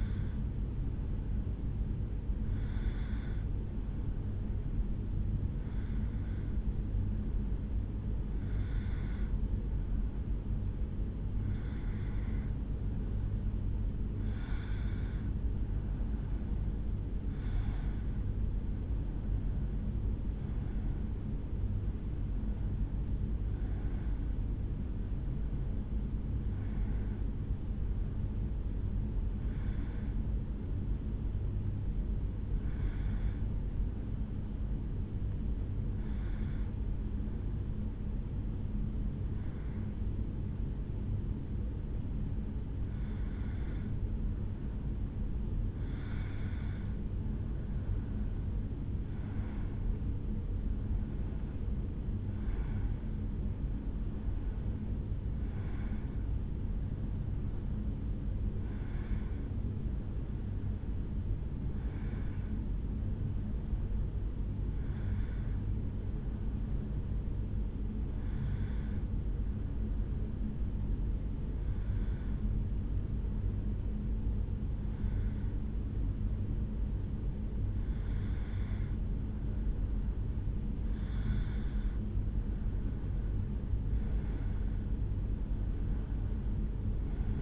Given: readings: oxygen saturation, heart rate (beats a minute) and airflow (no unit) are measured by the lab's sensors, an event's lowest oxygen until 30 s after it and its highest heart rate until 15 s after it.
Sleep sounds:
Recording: breathing in sleep by a smartphone at the bedside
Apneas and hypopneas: none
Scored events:
none scored
From the record:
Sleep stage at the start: N1 (lightest sleep)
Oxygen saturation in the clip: 91 to 94%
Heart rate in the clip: 70 to 77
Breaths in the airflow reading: 27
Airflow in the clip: -2.8 to 3.5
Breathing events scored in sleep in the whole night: 449 in 7.0 hours asleep

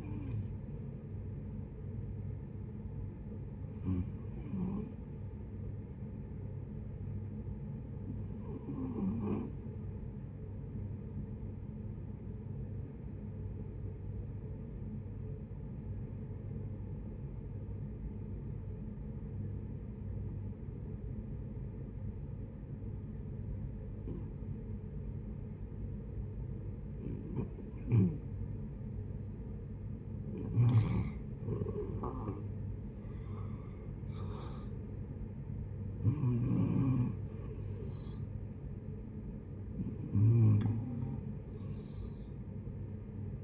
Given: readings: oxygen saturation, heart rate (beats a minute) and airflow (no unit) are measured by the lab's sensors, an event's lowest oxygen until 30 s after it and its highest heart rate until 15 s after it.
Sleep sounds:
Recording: breathing in sleep by a smartphone at the bedside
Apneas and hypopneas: 1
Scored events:
11.00-31.70 s: hypopnea (N1, oxygen 95% highest, then 80% lowest, heart rate 72 at the start, 80 highest)
From the record:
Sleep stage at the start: N1 (lightest sleep)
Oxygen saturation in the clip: 71 to 95%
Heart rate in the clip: 70 to 80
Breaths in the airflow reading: 10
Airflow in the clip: -14.8 to 11.1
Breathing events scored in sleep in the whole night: 496 in 5.4 hours asleep

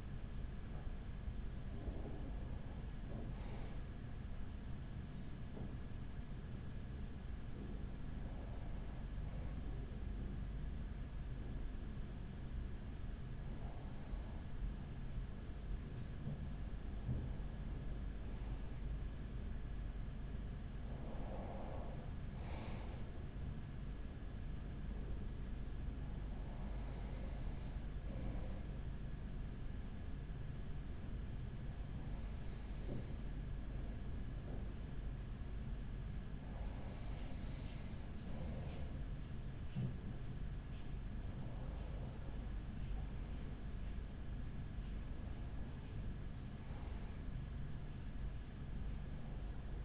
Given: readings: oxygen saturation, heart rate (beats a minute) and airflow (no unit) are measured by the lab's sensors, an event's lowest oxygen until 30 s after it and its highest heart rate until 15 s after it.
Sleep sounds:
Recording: breathing in sleep by a smartphone at the bedside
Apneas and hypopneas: 2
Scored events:
3.00-19.90 s: hypopnea (N1, oxygen 95% highest, then 94% lowest, heart rate 43 at the start, 46 highest)
31.00-45.20 s: hypopnea (N1, oxygen 95% highest, then 94% lowest, heart rate 40 at the start, 50 highest)
From the record:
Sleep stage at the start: N1 (lightest sleep)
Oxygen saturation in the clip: 94 to 95%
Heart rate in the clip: 40 to 50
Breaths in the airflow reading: 10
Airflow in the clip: -5.8 to 5.1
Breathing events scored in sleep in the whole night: 207 in 7.6 hours asleep

